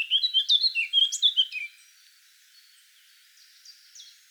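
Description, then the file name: Eurasian blackcap song: a quick, bright phrase of sliding whistled notes for under two seconds, followed by faint, higher notes. "Sylvia atricapilla"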